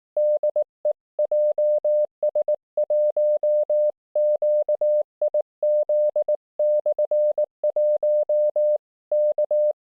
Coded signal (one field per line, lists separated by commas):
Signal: Morse code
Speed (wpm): 16 wpm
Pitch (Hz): 600 Hz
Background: none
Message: DE JS1QIZ/1 K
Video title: 【徒歩キャンプ】30mのワイヤーをもって徒歩キャンプへ・0℃での焚火調理・QRPChatの実態とQRP TopBand